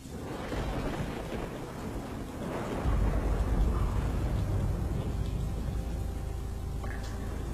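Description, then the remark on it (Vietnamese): A deafening explosion outdoors during rain and wind: a low, roaring rumble that surges louder about three seconds in, then keeps thundering on steadily with no voices. “Bỗng nhiên ngoài trời vang lên tiếng nổ đinh tai nhức óc.”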